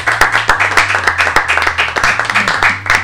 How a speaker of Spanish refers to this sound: recibimos con un fuerte aplauso a la banda invitada, …